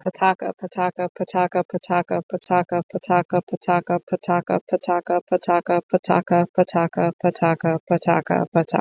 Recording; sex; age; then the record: repeated syllables /pa ta ka/; female; 30 to 39 years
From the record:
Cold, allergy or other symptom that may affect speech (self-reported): no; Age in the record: 34 years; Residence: Minnesota, United States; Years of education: 14